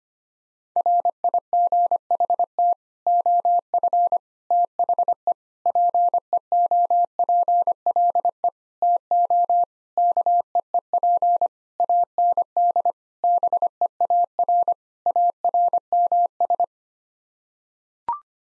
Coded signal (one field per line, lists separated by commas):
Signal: Morse code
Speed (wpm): 25 wpm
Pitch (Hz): 700 Hz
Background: none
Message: RIGHT OF THE PEOPLE TO KEEP AND BEAR ARMS